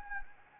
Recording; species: mosquito wingbeat signal from an infrared sensor; Anopheles gambiae